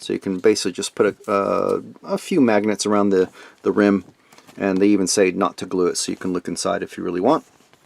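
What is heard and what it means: Someone talks while handling the removable top panel of an unglued resin model titan head, a part that can be held on with a few magnets around the rim so the inside can be seen. The top is taken off to show the inside and then pushed back toward the head. The clip ends before it goes home, so nothing has seated or clicked yet.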